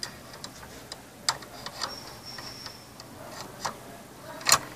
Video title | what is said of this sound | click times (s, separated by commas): Brother PR655 - vídeo aula 3 - Colocando o bastidor | encaixa certinho | 4.5 s